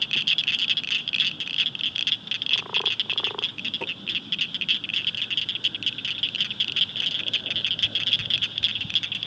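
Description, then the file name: Blanchard's cricket frog chorus of fast, sharp metallic clicks running continuously, with two short, lower sounds early on. "acblanchardi"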